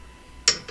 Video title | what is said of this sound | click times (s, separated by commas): How to change Rear Brakes on Subaru WRX 2015+ | and we'll keep tightening it until you hit the clicking sound. | 0.5 s